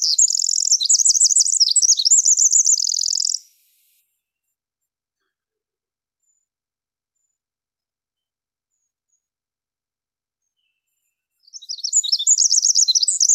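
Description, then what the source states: Winter wren song: a rapid, tumbling cascade of high, tinkling trills and chatters for about three and a half seconds, then silence, then the song starting again near the end. Song played at normal speed.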